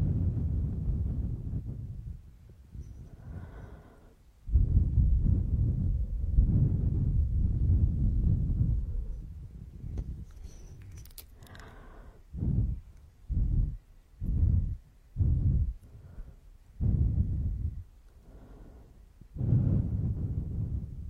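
Breathing and gasping. Heavy, low, rough breaths come in long drawn-out stretches through the first ten seconds. After that they turn into quick, short gasps at a fairly regular pace, with a brief bright hiss near eleven seconds and a longer breath at the end.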